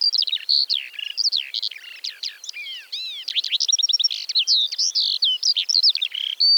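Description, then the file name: Eurasian skylark singing a fast, breathless stream of varied twittering notes, rising and falling whistles and short trills. "Feldlerche- Alauda arvensis"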